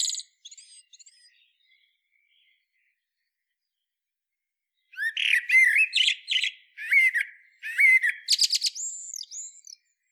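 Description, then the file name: Common blackbird calls: a few faint clipped notes, a long pause, then a rapid run of harsh squawks and chattering notes ending in a looping squeal. "Turdus merula"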